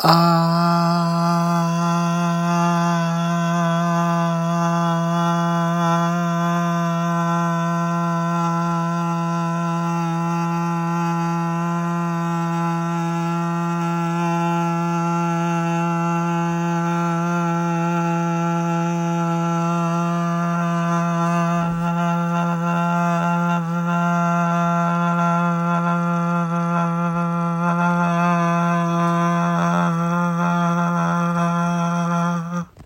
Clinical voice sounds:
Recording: sustained vowel /a/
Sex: male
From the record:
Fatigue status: no fatigue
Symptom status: asymptomatic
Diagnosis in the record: COVID-19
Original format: m4a

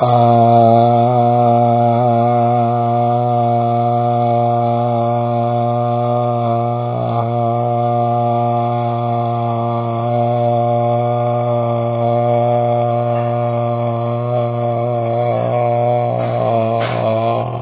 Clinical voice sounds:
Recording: sustained vowel /a/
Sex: male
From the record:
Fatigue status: fatigue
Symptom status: symptomatic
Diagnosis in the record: COVID-19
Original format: 3gp

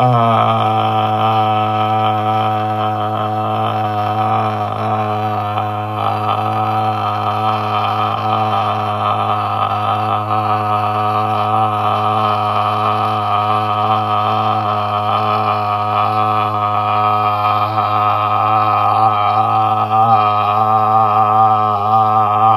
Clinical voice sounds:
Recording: sustained vowel /a/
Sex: male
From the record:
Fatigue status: no fatigue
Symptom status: asymptomatic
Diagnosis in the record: COVID-19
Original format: m4a

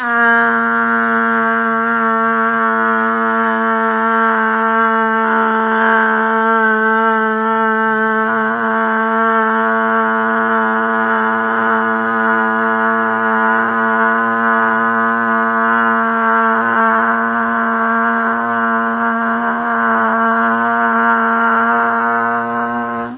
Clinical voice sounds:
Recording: sustained vowel /a/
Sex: female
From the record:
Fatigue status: no fatigue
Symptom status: asymptomatic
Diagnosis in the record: COVID-19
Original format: 3gp

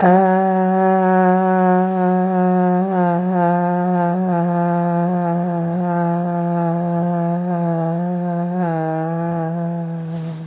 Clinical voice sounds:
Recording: sustained vowel /a/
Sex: female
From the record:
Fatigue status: no fatigue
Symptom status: symptomatic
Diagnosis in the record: COVID-19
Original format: 3gp

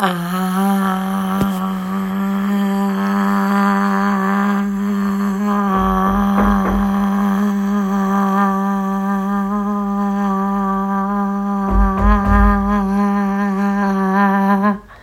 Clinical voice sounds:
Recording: sustained vowel /a/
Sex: female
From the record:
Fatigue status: no fatigue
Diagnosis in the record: COVID-19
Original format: m4a

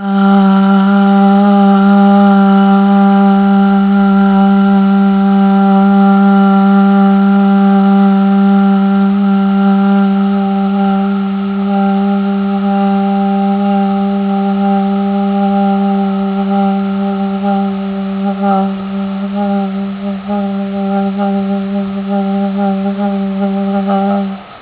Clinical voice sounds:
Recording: sustained vowel /a/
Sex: female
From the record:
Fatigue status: fatigue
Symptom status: symptomatic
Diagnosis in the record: COVID-19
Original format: 3gp

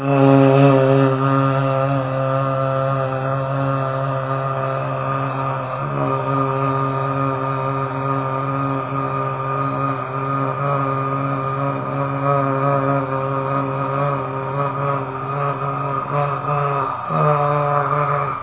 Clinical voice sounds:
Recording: sustained vowel /a/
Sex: male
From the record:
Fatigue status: fatigue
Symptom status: symptomatic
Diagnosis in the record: COVID-19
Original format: 3gp

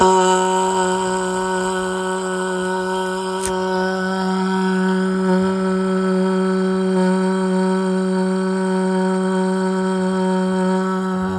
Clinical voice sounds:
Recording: sustained vowel /a/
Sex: female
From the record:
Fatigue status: no fatigue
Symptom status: symptomatic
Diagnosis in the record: COVID-19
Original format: m4a

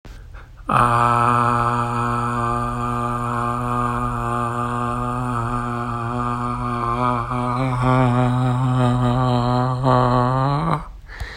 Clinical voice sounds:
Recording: sustained vowel /a/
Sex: male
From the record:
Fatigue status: fatigue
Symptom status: symptomatic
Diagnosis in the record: COVID-19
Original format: m4a

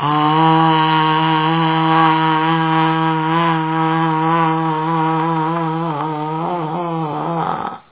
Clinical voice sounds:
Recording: sustained vowel /a/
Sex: female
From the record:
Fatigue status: no fatigue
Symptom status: asymptomatic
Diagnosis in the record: COVID-19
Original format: 3gp

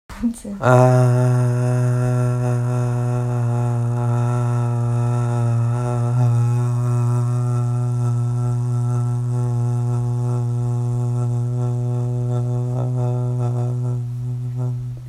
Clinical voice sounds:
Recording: sustained vowel /a/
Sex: male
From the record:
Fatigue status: no fatigue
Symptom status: asymptomatic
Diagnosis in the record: COVID-19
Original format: m4a

